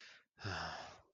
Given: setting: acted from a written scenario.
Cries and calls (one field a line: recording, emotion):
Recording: vocal sound without words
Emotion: shame